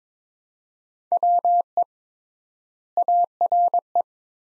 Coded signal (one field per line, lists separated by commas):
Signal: Morse code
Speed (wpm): 21 wpm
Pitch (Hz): 700 Hz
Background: none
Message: WE ARE